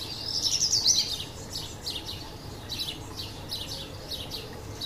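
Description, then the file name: Black Redstart song: a high, scratchy, rapid trilled phrase at the start, then fainter crackling notes, over a steady low background hiss. "Codirosso Spazzacamino"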